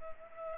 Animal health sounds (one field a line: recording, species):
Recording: mosquito wingbeat signal from an infrared sensor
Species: Culex pipiens